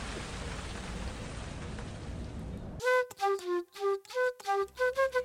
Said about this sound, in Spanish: Uy, está lloviendo resto.